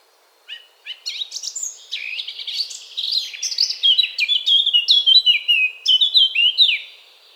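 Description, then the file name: Eurasian blackcap delivering a long, lively phrase of hurried scratchy notes that becomes a series of loud, clear whistles, each dropping in pitch. "Sylvia atricapilla"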